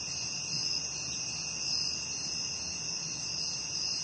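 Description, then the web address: Crickets chirping in a dense, continuous high-pitched chorus, a steady shimmering trill holding throughout with fainter lower trills layered beneath. "SFXSource Crickets Insects"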